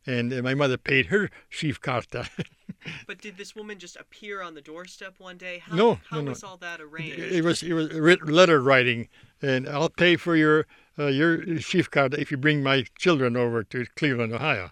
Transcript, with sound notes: And my mother paid her schifkrta. (he laughs)
But did this woman just appear on the doorstep one day?
No, no.
How was all that arranged?
It was, it was letter writing and, "I'll pay for your schifkrta if you bring my children over to Cleveland, Ohio."